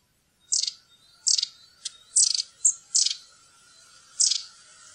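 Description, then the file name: Long-tailed tit calls: short, rough, rattling tsirrup bursts, high-pitched, about seven in five seconds at uneven spacing, over a faint steady hum. "stjertmeis"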